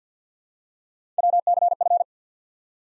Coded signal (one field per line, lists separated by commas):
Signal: Morse code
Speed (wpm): 50 wpm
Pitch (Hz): 700 Hz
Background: none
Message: WCF